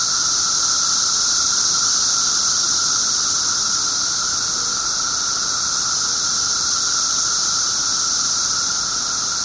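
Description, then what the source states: Periodical cicadas in full chorus, a steady intense shrilling that barely varies, layered over a lower humming band. 17-year cicadas, recorded 18 June 2007 at 1:00 pm.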